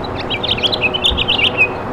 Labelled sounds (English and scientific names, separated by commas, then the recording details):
House Finch (Haemorhous mexicanus) song
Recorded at Massapequa on Long Island, New York, on 14 May 2013
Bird C